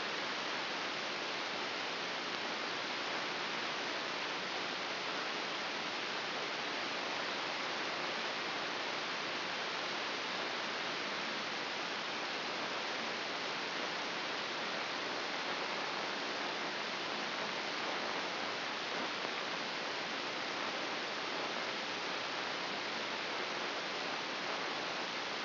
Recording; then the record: brain microelectrode recording played as sound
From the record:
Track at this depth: outside the subthalamic nucleus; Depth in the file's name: 4.223 mm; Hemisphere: left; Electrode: 3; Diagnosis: Parkinson's disease